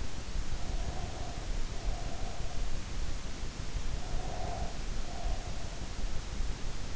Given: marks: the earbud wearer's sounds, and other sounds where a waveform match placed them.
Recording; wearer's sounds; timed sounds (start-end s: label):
sounds in sleep by an in-ear microphone; breath
0.56-2.77 s: breath
3.84-5.95 s: breath